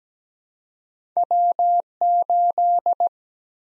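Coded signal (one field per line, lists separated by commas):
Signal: Morse code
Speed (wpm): 17 wpm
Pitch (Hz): 700 Hz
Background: none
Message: W8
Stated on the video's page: Morse code copy drill at 17 wpm of random two-character letter-number combinations, each sent in Morse, spoken, then sent again.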